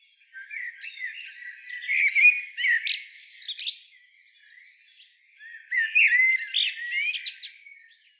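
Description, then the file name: Eurasian blackbird song, two distinct phrases of fluty whistles ending in high squeaky twitters, separated by a brief quiet gap. "Turdus merula"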